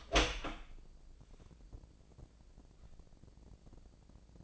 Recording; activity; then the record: daily activity, microphone in the room; open door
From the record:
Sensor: 5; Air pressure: 1012.4 hPa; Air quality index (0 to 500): 160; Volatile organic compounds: 2 ppm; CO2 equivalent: 1091 ppm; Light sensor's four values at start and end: 209/508/212/230 and 213/518/216/236